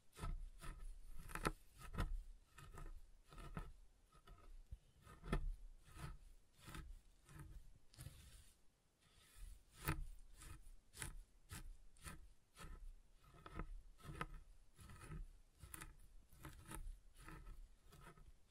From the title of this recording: SoftHard Soap Tapping and Carving